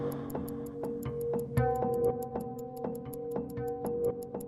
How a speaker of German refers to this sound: Neben mir auf dem Nachttisch tickte meine Armbanduhr.